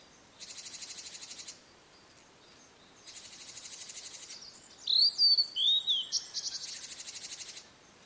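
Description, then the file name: Blue-and-white flycatcher with a few high looping whistles amid stretches of loud, rhythmic insect pulsing. "oruri"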